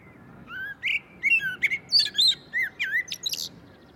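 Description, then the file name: Common blackbird song: fluty whistled phrases, varied rising and falling notes followed by higher squeaky twittering flourishes, one phrase after another. "Turdus merula"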